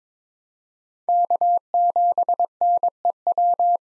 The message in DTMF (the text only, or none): none